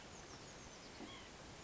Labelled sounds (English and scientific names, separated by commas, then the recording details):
White-breasted Nuthatch (Sitta carolinensis)
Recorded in Sonoma County, California